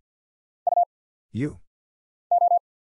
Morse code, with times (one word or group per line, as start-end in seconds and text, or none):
0.7-0.8 U
2.3-2.6 O